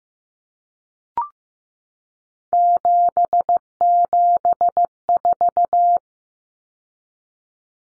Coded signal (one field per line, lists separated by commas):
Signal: Morse code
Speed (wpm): 15 wpm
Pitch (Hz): 700 Hz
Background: none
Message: 774